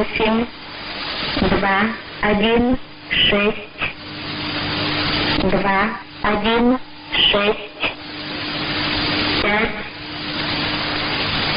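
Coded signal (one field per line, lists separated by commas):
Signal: numbers station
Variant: S06s, Russian female voice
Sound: a female voice reading short, evenly spaced words over steady radio hiss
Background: radio static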